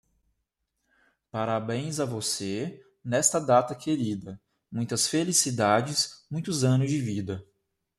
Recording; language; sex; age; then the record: short text; Brazilian Portuguese; male; 20 to 29 years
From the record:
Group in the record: control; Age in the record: 27 years